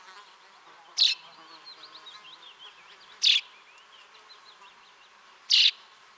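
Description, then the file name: Common chaffinch giving three clipped, bright call notes at roughly two-second intervals, against a steady backdrop of twittering birdsong. "Fringilla coelebs"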